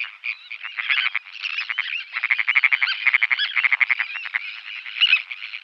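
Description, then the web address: Sandwich tern calls, a dense chorus of harsh, grating notes overlapping continuously, as from many birds calling together. "Schulze Peter Sandwich Tern"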